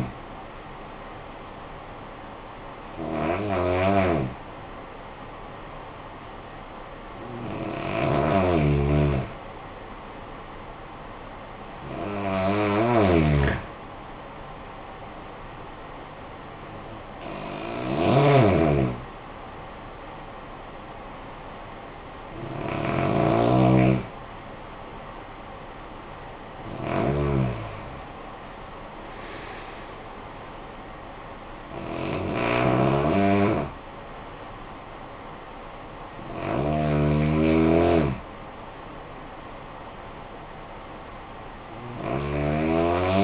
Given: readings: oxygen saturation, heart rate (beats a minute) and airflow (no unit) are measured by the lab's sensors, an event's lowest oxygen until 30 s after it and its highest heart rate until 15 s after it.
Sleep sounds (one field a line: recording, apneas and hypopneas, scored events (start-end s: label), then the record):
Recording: breathing in sleep by a voice recorder at the bedside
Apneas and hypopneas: 1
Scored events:
5.00-25.00 s: hypopnea (N1, oxygen 97% highest, then 93% lowest, heart rate 55 at the start, 65 highest)
30.00-43.24 s: new sleep stage, N2 (light sleep)
From the record:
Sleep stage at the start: N1 (lightest sleep)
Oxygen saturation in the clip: 88 to 97%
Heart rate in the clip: 49 to 65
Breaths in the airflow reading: 9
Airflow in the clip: -10.0 to 11.0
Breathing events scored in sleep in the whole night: 445 in 7.6 hours asleep